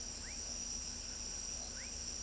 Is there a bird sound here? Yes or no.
no